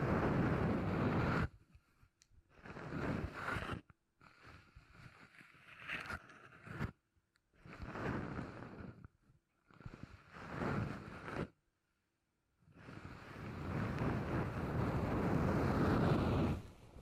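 Beeswax being handled and rubbed in bursts of soft crinkling, crackling texture, broken by short silences. Louder full stretches at the start, around 8 to 11 seconds, and from about 13 seconds to the end, with quieter, sparser scraping between.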